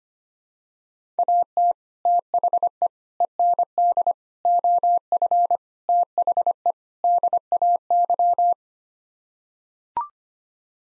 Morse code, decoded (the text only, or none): AT THE END OF THE DAY